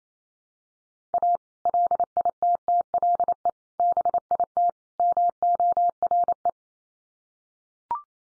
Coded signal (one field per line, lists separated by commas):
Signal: Morse code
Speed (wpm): 28 wpm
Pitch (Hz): 700 Hz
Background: none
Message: A LITTLE BIT MORE